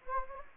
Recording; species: mosquito wingbeat signal from an infrared sensor; Anopheles gambiae